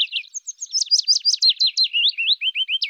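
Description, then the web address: Willow warbler singing a sweet, rapid phrase of clear whistled notes that rises at first, then slides gently downward in pitch toward the end. "Phylloscoupus trochilus"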